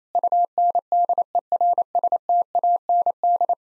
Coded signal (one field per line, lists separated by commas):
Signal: Morse code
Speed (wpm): 28 wpm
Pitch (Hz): 700 Hz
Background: none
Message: UNDERSTAND